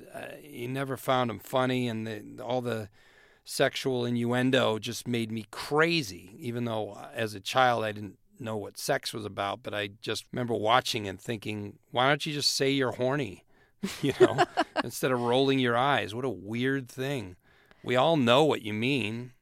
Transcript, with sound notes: You never found them funny. And all the sexual innuendo just made me crazy, even though as a child, I didn't know what sex was about. But I just remember watching and thinking, why don't you just say you're horny, you know...
(Laughter).
...Instead of rolling your eyes? What a weird thing. We all know what you mean.